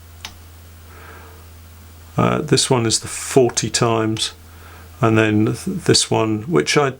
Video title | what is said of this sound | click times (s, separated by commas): Microscopy for Beekeepers 02 - My Microscopes Explained - The Norfolk Honey Co. | might hear it click into position and this one's the ten times this | 0.2 s